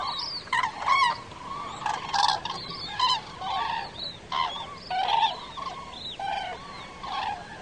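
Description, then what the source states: Common crane flock calling, loud trumpeting and honking notes from several birds overlapping, in bursts with short pauses, against a steady background hiss. Migrating flock calling in autumn.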